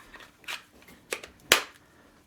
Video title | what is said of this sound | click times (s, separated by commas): How I Powered a Diesel Heater Using Tool Batteries DeWalt Bauer Milwaukee | Perfect. Clicks right in. No problems. All the way in. It actually locks. | 1.5 s